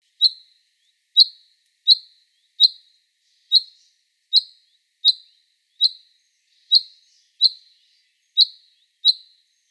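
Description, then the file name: Common chaffinch repeating a sharp, high note many times at slightly uneven intervals, in otherwise quiet surroundings. "Fringilla coelebs"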